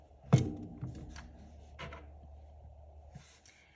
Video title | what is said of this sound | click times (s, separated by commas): Brother PT-D220 - Factory Reset and installing a new Cutter Blade in your P-touch label printer! | Push until you hear that little click. | 0.3 s